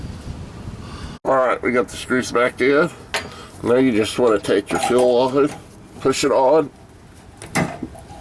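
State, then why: Seated. Someone talks while working on a Lincoln Town Car fuel pump replacement, then pushes the fuel line quick-connect fitting onto the fuel pump module outlet. It clicks into place at 7.4 seconds, seating the connection.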